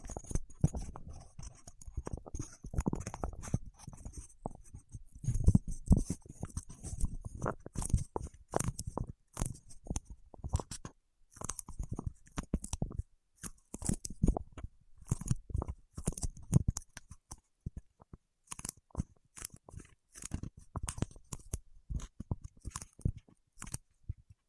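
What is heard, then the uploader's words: Wax-coated fingertips make quick, sticky tapping and peeling sounds, a dense run of soft thuds and crisp clicks. The pace stays busy and irregular for the whole stretch, with a brief lull near eleven seconds and bright snapping edges on many touches. ASMR with Wax Fingertips for Sleep (No Talking).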